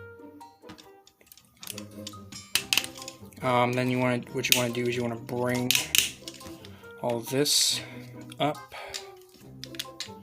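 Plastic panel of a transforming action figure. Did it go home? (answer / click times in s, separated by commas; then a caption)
no / none. During a robot-to-vehicle transformation of a Transformers Studio Series SS-73 Leader Class Grindor and Ravage action figure, a plastic panel section is brought up and handled into position. Someone talks over sharp plastic taps and clicks from the handling. Nothing has seated or snapped into place yet.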